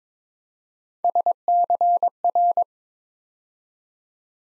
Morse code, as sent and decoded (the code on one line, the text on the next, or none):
... -.-. .-.
SCR